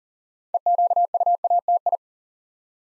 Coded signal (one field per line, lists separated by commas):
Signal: Morse code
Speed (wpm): 39 wpm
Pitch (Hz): 700 Hz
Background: none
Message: EQUATI